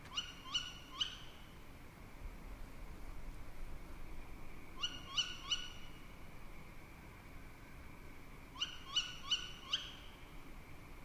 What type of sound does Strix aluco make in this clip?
call